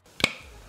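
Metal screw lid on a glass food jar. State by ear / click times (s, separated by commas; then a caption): released / 0.2 s. A metal screw lid on a glass jar of sun-dried tomatoes is twisted open. Its safety button gives a single sharp click at 0.2 s as the vacuum seal releases. The seal is released and the jar is open.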